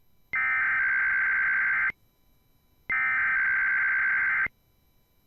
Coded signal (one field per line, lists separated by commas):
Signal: Emergency Alert System (SAME) tones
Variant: header bursts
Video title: IPAWSCAP Weeklies, 1 ADR & KLOX DMO (EAS 390-398)